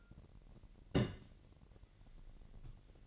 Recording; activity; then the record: daily activity, microphone in the room; place on stove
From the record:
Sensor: 4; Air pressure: 1012.8 hPa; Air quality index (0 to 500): 236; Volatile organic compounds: 4 ppm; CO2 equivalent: 1573 ppm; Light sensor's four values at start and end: 29/70/29/29 and 30/71/29/29